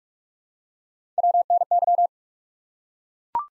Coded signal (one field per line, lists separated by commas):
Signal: Morse code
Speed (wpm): 44 wpm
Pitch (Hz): 700 Hz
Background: none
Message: WNY